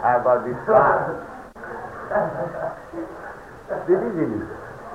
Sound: laughter

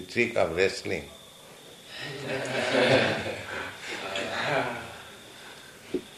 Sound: laughter

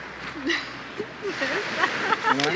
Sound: laughs

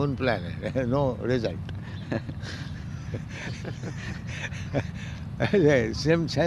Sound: laughs

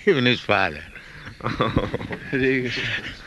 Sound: laughter

